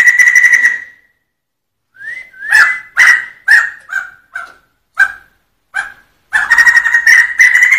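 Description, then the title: Sumatran laughingthrush singing rich whistled phrases, a sustained note, then a pause, then separate bursts of loud whistles and harsh notes, ending in a full continuous warble. Singing in the 'ngerol' style, a continuous rolling song; described as special. "Suara Ngerol Poksai Jambul Sumatra Istimewa"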